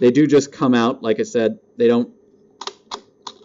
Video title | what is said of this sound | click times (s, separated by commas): Toku Toy Time - Dino Charge Megazord | now they do click in | 2.6 s, 3.3 s